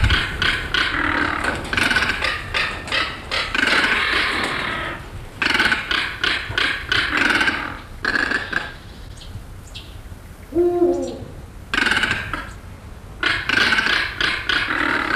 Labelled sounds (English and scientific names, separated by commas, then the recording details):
Crested Caracara (Caracara plancus) call
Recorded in captivity
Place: Adlerwarte Berlebeck Detmold, Nordrhein-Westfalen, DE
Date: 1985-04-10
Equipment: Halbspur, 9,5 cm/s
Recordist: Lütgens, Hans